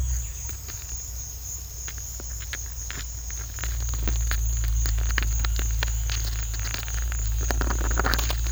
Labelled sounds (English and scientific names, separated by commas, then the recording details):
none
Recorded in secondary vegetation near Puerto Asís, Putumayo, Colombia, on 9 March 2025 at 15:00
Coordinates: 0.498, -76.327
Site G001